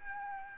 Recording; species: mosquito wingbeat signal from an infrared sensor; Aedes albopictus